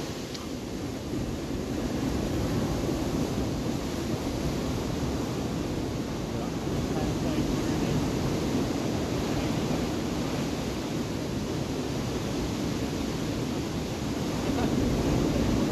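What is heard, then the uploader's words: Ocean surf on a Brazilian beach makes a steady, dense low roar, even throughout, with a faint wash of brighter hiss above. Brazilian Ocean. BRAZILIAN beach sounds.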